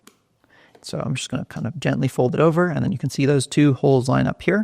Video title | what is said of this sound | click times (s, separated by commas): Setup Astro with Hovermap - Tutorial | gently press that in until I hear a click | 0.1 s